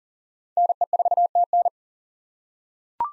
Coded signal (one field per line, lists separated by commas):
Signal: Morse code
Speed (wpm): 40 wpm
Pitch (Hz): 700 Hz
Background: none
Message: NE4TN